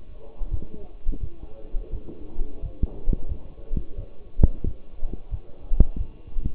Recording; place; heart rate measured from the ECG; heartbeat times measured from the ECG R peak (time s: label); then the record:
heart sounds by stethoscope; between the tricuspid and mitral areas; 88 bpm
0.50 s: heartbeat
1.20 s: heartbeat
1.91 s: heartbeat
2.61 s: heartbeat
3.28 s: heartbeat
3.96 s: heartbeat
4.64 s: heartbeat
5.30 s: heartbeat
5.97 s: heartbeat
From the record:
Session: walking at 3.7 km/h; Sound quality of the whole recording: partially saturated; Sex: male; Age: 24 years